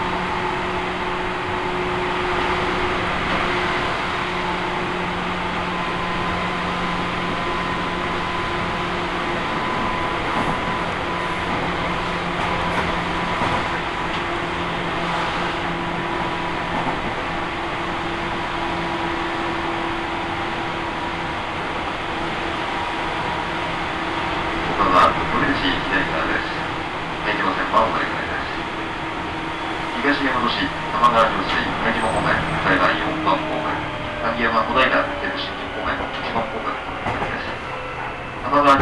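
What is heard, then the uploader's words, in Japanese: A ride aboard a Seibu Railway train: a steady low rumble with a constant droning tone runs through the first twenty-five seconds. After that, louder clattering bursts and rattles break in repeatedly over the hum, and faint voices come and go. 耳で楽しむ鉄道旅 西武鉄道 本川越→東村山→小川→萩山→青梅街道。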